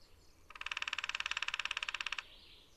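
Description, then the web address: Lesser spotted woodpecker producing one fast, steady run of about thirty sharp repeated notes lasting under two seconds, against a quiet hissing background. "Hackspett ljud Mindre"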